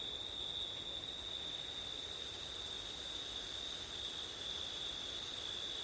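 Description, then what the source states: Cricket song as a uniform shrill chorus, two high bands of sustained trilling, with a quiet hiss below. Crickets on a September night with wind; labelled ortif.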